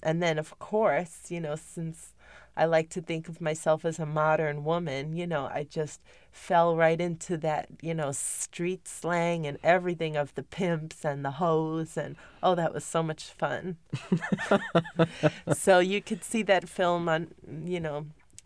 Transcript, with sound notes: And then, of course, you know, since I like to think of myself as a modern woman, you know, I just fell right into that, you know, street slang and everything of the pimps and the hos and, oh, that was so much fun. (laughs) So you can see that film on, you know,